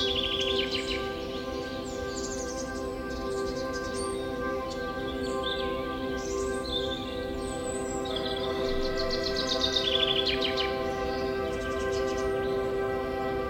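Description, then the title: Bird chorus: repeated quick twitters at the start, scattered high whistles, then a loud run of rapid chirps later on, over a constant drone. Forest birdsong ambience with birds chirping. "Forest Birdsong Nature Sounds Bird Sounds Birds Chirping Ambience"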